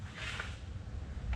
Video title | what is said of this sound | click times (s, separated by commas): J&L Oil Separator Install 2021-2026 Chevy Express and GMC Savana 6.6L 3128D | You hear it snap into place. Nice and easy. | 0.4 s